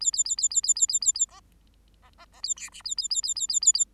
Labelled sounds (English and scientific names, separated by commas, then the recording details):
Bengalese Finch (Lonchura striata domestica) song
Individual Bird8